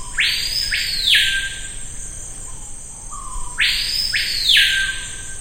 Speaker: And the screaming piha is really sort of the signature sound of the Amazon rainforest.